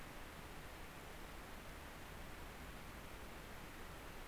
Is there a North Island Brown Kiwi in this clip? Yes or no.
no